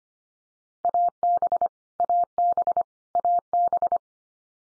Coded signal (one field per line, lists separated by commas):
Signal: Morse code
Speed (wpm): 25 wpm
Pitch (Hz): 700 Hz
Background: none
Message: AB AB AB